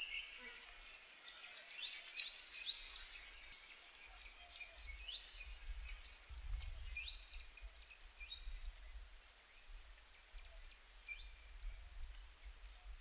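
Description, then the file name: Small minivet calls: very high, thin sweeping whistles, many rapid overlapping slurred notes in repeated bursts. "suara sepah kecil"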